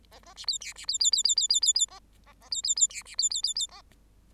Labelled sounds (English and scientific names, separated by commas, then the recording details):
Bengalese Finch (Lonchura striata domestica) song
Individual Bird8